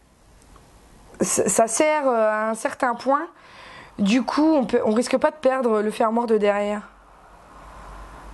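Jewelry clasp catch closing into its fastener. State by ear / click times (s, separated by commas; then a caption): not seated / none. A metal catch on the clasp of a designer necklace or bracelet from an unboxed jewelry box is handled, but nothing has seated or clicked yet. Someone talks through most of the clip, and two faint ticks of handling are heard near the start.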